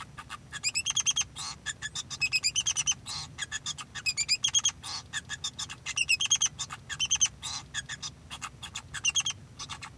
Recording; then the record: song of a male Bengalese finch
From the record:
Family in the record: son of father 2